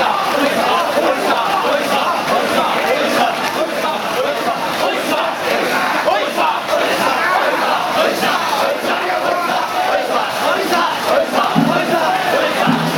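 At the Oiyamakasa float race on Higashimachi-suji, a dense crowd shouts and chants nonstop at an even level, with a brief low tone near twelve seconds.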